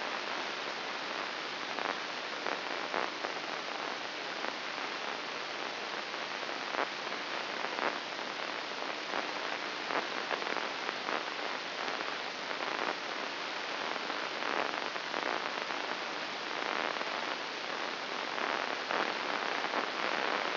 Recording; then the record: brain microelectrode recording played as sound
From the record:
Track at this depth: inside the subthalamic nucleus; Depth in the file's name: 3.202 mm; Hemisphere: right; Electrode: 2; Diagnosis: Parkinson's disease